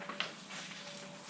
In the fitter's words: oh, somehow it's not seated right.